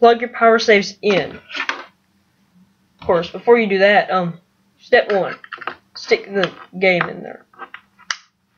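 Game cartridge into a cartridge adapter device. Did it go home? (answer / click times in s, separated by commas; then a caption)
yes / 8.1 s. Someone talks while pushing a handheld game cartridge into the slot of a save-editing adapter device. A sharp click is heard at 8.1 seconds as the cartridge seats in the adapter.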